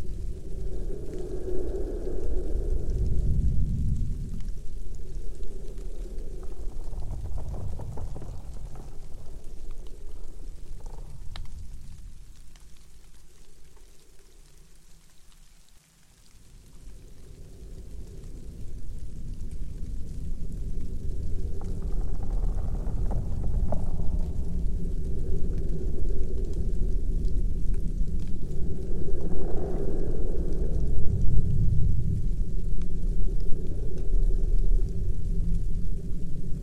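A dark winter forest ambience built on a deep, constant rumble, with hollow, moaning tones that swell and fade every few seconds. Around the middle the sound thins and nearly drops out, then slowly builds back into a dense, heavy drone with faint crackle above.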